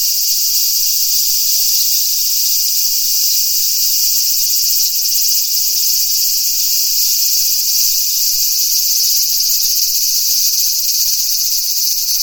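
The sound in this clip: Cicadas giving a steady, unbroken high-pitched drone, loud and even from start to finish.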